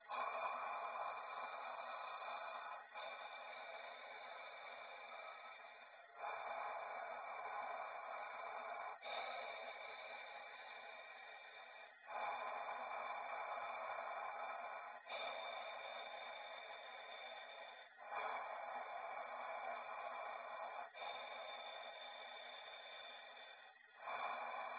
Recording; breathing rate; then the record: paced breathing near a phone; 10 breaths a minute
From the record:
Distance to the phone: 20 cm